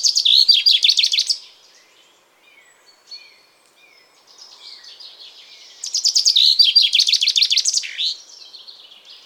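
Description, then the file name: Common chaffinch delivering two song phrases, each a quick cascading trill ending in a flourish, with soft thin calls in between. "Fringilla coelebs"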